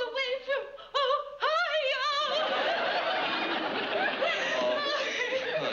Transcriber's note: laughter